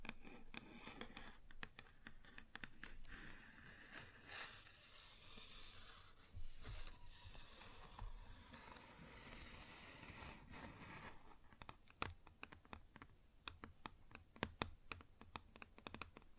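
Fingers tap and scratch on a wooden surface, with sharp clicky taps in uneven bursts, thickest near the start and again from about 12 seconds on. Between them, dry rasping scratches run in longer strokes, especially around 4 to 11 seconds.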